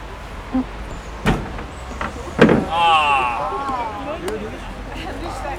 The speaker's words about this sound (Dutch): De deur gaat dicht.